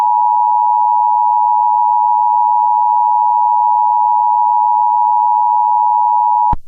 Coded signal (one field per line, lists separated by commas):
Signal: Emergency Alert System (SAME) tones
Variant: 853 and 960 Hz attention tone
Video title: Severe Thunderstorm Warning for my area!! [EAS #1]